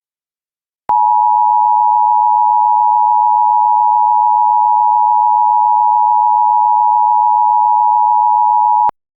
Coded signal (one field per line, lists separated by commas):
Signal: Emergency Alert System (SAME) tones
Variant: 853 and 960 Hz attention tone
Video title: EAS Silver Alert Glendale, Arizona Statewide Administrative Message